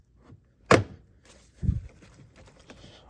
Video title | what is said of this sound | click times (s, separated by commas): Buick Enclave Upper Torque Strut Mount Replacement | And then push down slowly until you hear some clicks. | 0.7 s, 2.7 s